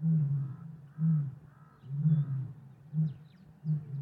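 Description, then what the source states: Lion grunts: several heavy, low, short grunts. In the savannah.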